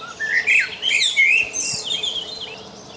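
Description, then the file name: Common blackbird song, a mellow fluted warble that breaks into a squeaky, high twittering flourish, running on throughout. "Turdus merula"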